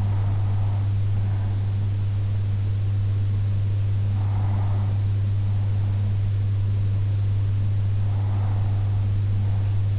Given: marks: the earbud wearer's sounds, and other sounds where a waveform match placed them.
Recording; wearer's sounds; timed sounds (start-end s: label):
sounds in sleep by an in-ear microphone; breath
0.00-2.00 s: breath
4.00-6.00 s: breath
8.00-9.99 s: breath